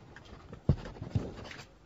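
A pen scratches across paper in short, quiet strokes as someone writes a check, broken by two soft taps as the writing moves along. No voices are heard.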